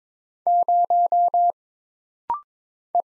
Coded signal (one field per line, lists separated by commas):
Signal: Morse code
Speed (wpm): 22 wpm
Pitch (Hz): 700 Hz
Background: none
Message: 0 E